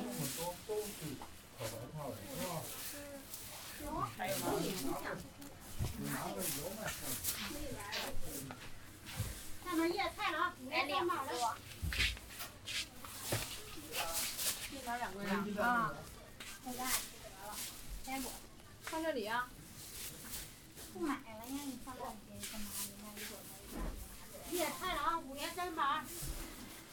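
Out for noodles in a hutong, voices chatter almost nonstop while frequent sharp clicks and clatters punctuate the busy, steady background throughout.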